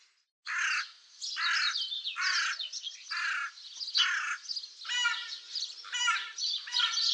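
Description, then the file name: Crow giving loud, rough caws about once a second, the later calls more broken and varied. "WRONA"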